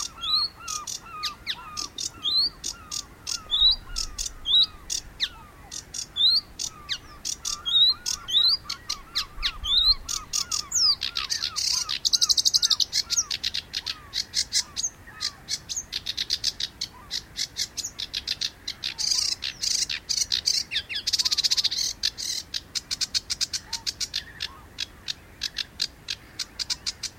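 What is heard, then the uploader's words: A sedge warbler sings almost without pause, a fast, chattering run of harsh clicks, rasps and sweeping whistles. The song is dense and varied, with bright buzzy bursts around twelve and twenty seconds. Other chirps sound faintly underneath, and there is a low rumble throughout. Sedge warblers. Sedge are grating and erratic and usually sing from brambles. Sedge warbler song.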